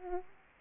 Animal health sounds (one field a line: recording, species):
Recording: mosquito wingbeat signal from an infrared sensor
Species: Aedes aegypti